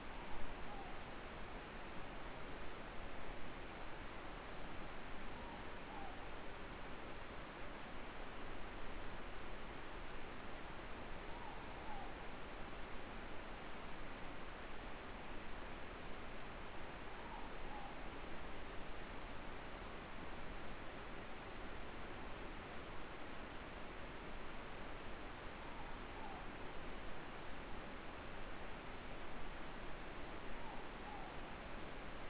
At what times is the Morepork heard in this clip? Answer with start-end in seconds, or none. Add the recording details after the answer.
0.08-1.00, 5.27-6.12, 11.20-12.14, 17.17-17.93, 25.57-26.42, 30.48-31.33. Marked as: faintness 4/5, faintness 3/5. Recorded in New Zealand. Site Eglinton